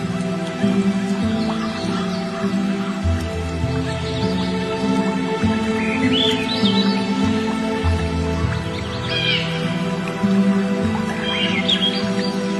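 Soft piano chords ring and change every second or two over a steady wash of flowing water. Cheerful birds chirp high above, with clear bursts of song near six, ten and twelve seconds. The level stays even throughout.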